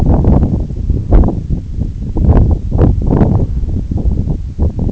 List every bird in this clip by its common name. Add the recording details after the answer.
none. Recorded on Arctic tundra, site NAIT-1, on 2 July 2019. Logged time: 02:00